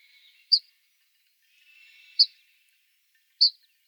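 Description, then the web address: Ortolan bunting uttering three crisp high call notes spaced a second or more apart, with faint buzzy background noise. "emberiza hortulana call"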